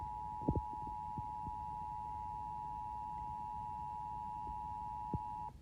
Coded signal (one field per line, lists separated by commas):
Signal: Emergency Alert System (SAME) tones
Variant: 853 and 960 Hz attention tone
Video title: Emergency Alert System scenario: Little Caesars Pizza’s Cheesy Fever. 🍕